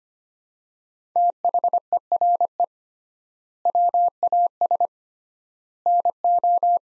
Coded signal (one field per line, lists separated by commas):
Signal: Morse code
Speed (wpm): 25 wpm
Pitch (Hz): 700 Hz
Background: none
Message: THERE WAS NO